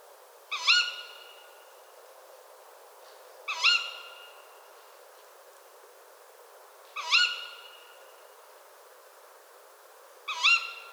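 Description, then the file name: Tawny owl giving four shrill, upslurred ke-wick calls, spaced about three seconds apart, with quiet between them. A pair calling in a park at Cîteaux, France, on 30 December 2013 at 17:40. "Chouette-hulotte Couple 20131230 1740 Citeaux-parc"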